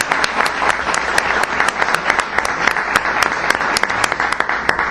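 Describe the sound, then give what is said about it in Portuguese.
Sustained applause from an audience, a dense wash of many hands clapping steadily for several seconds with sharp individual claps standing out, fairly loud and with no voices on top. “Acho que uma salva de palmas.”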